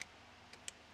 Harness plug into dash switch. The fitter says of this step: and you'll sort of hear it click as it goes in